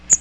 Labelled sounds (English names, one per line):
Magnolia Warbler flight call